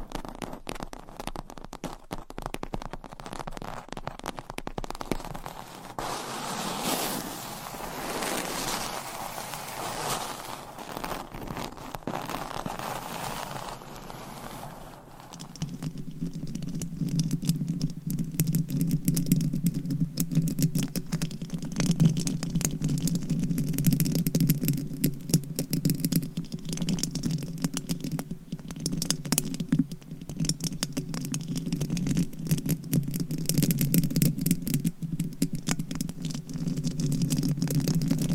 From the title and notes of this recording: ASMR Scratching , Tapping & Massage with DIFFERENT Mics , Items & Nails No Talking.